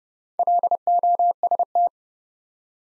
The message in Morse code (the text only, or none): LOST